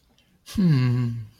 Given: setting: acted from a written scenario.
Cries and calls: vocal sound without words; disappointment

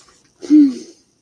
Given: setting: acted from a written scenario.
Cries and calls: vocal sound without words; contentment

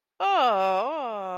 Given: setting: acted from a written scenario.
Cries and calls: vocal sound without words; ecstasy

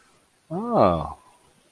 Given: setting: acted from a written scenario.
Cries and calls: vocal sound without words; interest

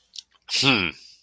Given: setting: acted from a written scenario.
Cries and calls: vocal sound without words; contempt

